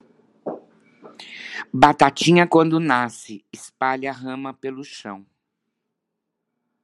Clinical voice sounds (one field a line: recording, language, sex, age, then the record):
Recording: short text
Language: Brazilian Portuguese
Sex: female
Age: 60 to 69 years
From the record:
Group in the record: control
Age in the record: 62 years